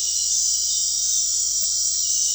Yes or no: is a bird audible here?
no